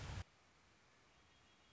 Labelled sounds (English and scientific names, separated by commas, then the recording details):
Red-winged Blackbird (Agelaius phoeniceus)
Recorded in Sonoma County, California